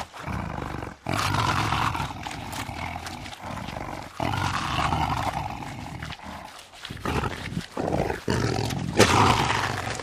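Lion growling: rough, throaty bursts run almost continuously, broken by short pauses that come more often toward the end.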